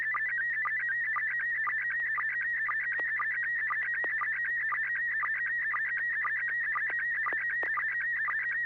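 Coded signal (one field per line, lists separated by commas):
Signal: SSTV (slow-scan television)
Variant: Martin 1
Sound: warbling tone hopping around 1.9 kHz with rhythmic low blips, about twice a second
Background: low hum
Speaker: will be uh Martin one let's do a tone test first let me know if I have a tone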